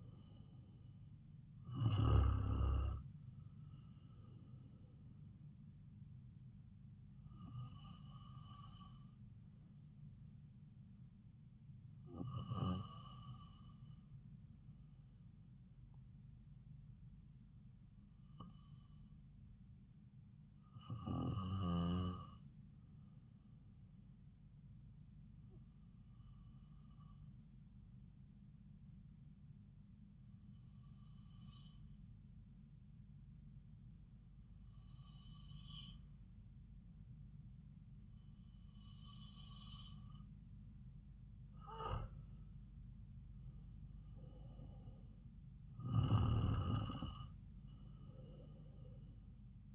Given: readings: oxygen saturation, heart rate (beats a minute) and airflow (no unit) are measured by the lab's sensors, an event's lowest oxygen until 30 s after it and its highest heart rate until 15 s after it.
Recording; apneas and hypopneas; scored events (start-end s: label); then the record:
breathing in sleep by a smartphone at the bedside; 1
14.00-39.00 s: hypopnea (N2, oxygen 96% highest, then 93% lowest)
From the record:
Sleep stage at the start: N2 (light sleep); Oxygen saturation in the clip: 92 to 96%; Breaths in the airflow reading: 11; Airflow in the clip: -4.0 to 4.5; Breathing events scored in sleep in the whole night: 270 in 6.1 hours asleep